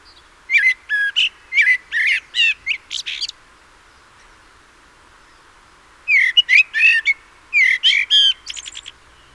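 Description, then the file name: Common blackbird song in two phrases of several mellow whistled notes each, ending in thin high twittering, with a quiet gap of about three seconds between. "Turdus merula"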